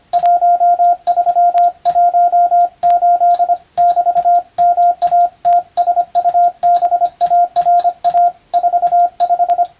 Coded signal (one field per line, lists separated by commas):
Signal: Morse code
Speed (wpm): 25 wpm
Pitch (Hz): 700 Hz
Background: radio noise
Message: 1318 <BT> MATSUBARA 45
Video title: スマホ時代の今でも行われているモールスの国家試験の練習風景です。通信技術の原点！アマチュア無線ハムの受信練習にもどうぞ(morse code practice for radio operator )